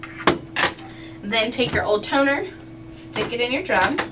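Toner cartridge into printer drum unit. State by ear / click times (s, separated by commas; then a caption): not seated / none. An old toner cartridge is handled and brought to a new drum unit for a Brother Intellifax 2840 printer, with sharp handling knocks near 0.3 s and 0.6 s while someone talks. Nothing has seated or clicked yet.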